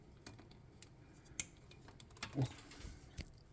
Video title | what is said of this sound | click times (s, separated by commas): RX-8 Turbo Renesis With BrettSpeed Manifold Install Full Video | That's a tight fit. There we go. Nice little click. | 1.4 s